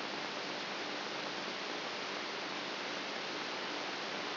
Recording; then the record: brain microelectrode recording played as sound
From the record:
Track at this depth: inside the subthalamic nucleus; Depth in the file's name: 4.24 mm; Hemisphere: right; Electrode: 3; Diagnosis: Parkinson's disease